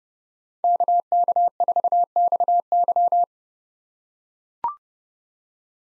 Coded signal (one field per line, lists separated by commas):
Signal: Morse code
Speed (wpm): 30 wpm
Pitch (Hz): 700 Hz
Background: none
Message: KK4XY